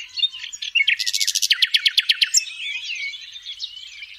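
Common nightingale singing a fast run of loud repeated clicking notes, roughly a dozen, followed by softer twisting, warbled phrases.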